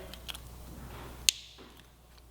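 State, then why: Seated. A plastic wiring harness connector, threaded back through and run inline during a Dynojet Power Commander V install on a Yamaha R3, is pushed home onto the left fuel injector. After a few faint ticks of handling, one sharp, bright click sounds at 1.3 s. The connector is seated.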